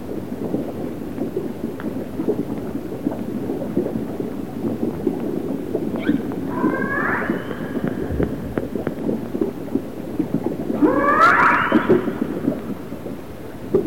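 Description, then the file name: Orca calls, two short bursts of stacked, upswept harmonic squeals separated by several seconds of low rumbling underwater noise. Resident orcas of the A clan. "Resident Orca ARClan"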